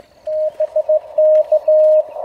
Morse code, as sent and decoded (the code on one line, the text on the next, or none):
-... -.-
BK